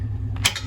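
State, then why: Seated. A trailer coupler's locking lever is flipped down to lock it onto the hitch ball, with a faint tap at about 0.4 s and then a sharp metal snap at 0.5 s over a steady low hum. The coupler is locked in place on the ball.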